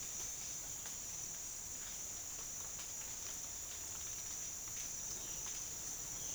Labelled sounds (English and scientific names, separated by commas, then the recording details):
none
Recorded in secondary vegetation near Puerto Asís, Putumayo, Colombia, on 30 June 2025 at 08:30
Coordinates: 0.485, -76.322
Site GP06